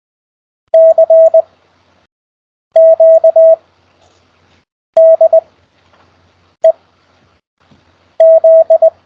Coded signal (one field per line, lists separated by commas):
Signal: Morse code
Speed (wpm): 20 wpm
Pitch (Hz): 650 Hz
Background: radio noise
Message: CQ DE Z